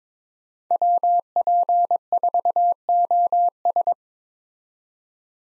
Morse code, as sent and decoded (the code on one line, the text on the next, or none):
.-- .--. ....- --- ...
WP4OS